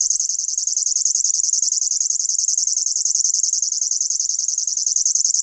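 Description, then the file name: River warbler song, a dry, insect-like rhythmic buzzing of rapid pulses, continuous and even throughout with no pauses; no other sounds stand out. "STRUMIENIOWKA"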